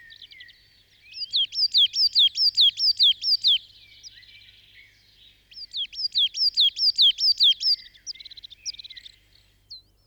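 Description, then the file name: Coal tit singing two fast series of high, swooping repeated notes, separated by a short pause. "kosmos 93 tannenmeise"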